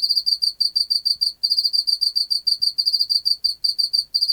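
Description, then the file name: Pacific field cricket producing a steady run of rapid, high, buzzy chirps in quick succession, with a few brief pauses. "Teleogryllus oceanicus"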